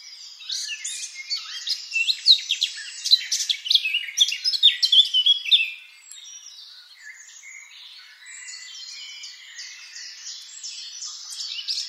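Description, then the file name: Eurasian blackcap singing: a loud, rapid burst of chattering and whistled notes for about six seconds, then a quieter, softer warbling continues. "Sylvia atricapilla"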